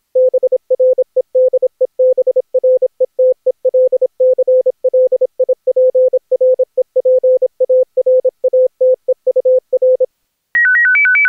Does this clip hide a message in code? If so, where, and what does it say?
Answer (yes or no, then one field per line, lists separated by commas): yes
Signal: Morse code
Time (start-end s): 0.2-10.1 s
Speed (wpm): 26 wpm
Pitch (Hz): 510 Hz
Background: music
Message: BREDEBRETELCLIPREPARATEUR